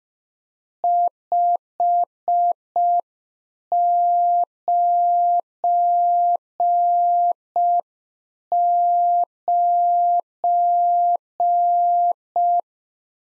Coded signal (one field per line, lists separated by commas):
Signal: Morse code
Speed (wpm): 5 wpm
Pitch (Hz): 700 Hz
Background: none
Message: 599